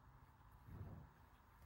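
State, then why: Not seated. A SIM card reader flex connector is being handled over its socket on an iPhone 14 logic board, but nothing has seated or clicked yet. Only a faint, low rumble is heard, swelling slightly around 0.7–1.0 seconds, with no distinct snap.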